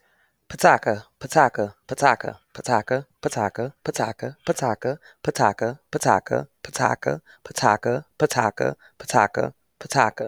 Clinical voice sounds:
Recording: repeated syllables /pa ta ka/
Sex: female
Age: 40 to 49 years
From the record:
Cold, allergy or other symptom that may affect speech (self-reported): no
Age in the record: 40 years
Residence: Illinois, United States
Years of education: 12

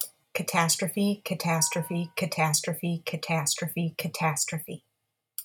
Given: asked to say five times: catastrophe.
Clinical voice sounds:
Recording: repeated word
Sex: female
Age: 30 to 39 years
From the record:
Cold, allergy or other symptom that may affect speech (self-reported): no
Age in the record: 38 years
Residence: Florida, United States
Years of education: 18

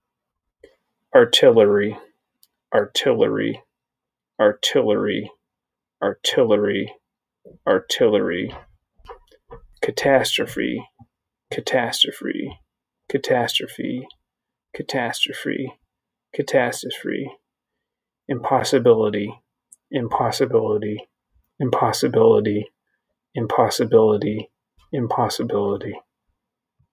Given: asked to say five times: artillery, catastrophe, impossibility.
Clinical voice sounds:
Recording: three words, each repeated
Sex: male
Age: 40 to 49 years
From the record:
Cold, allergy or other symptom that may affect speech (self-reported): no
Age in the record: 41 years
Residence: Illinois, United States

